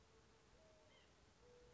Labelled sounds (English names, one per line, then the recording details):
White-breasted Nuthatch
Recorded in Sonoma County, California